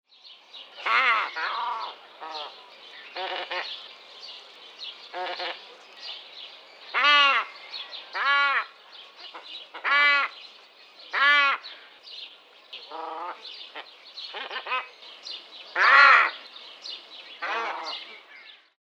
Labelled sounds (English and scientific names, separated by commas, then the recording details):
Glossy Ibis (Plegadis falcinellus)
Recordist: Tembrock, Günter
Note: Diverse Lautformen